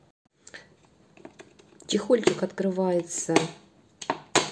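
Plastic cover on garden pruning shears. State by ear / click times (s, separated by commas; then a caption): seated / 4.4 s. A plastic cover is fitted onto a pair of garden pruning shears, opened, and then pushed closed while someone talks. Light handling clicks are heard early on, and the cover snaps shut with a sharp click at 4.4 s, seating securely.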